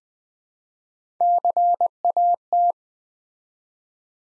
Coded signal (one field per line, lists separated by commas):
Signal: Morse code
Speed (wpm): 20 wpm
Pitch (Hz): 700 Hz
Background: none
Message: CAT